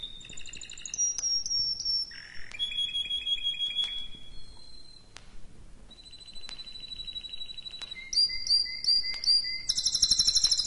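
Canary song of sustained whistled notes and short trills at shifting pitches, with a brief pause midway, closing with loud quick rattling phrases.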